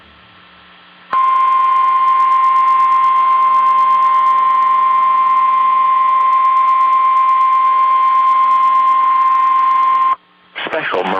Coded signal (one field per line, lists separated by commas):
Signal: Emergency Alert System (SAME) tones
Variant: 1050 Hz attention tone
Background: speech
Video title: TESTS AND MARINE WARNINGS | EAS Alerts from 2/3/21 - 2/6/21 (EAS #167-178)